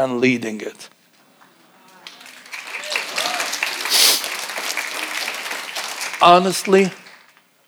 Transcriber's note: congregation applauding